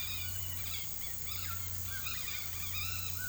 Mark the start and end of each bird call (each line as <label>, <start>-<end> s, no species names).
bird call, 0.00-3.28 s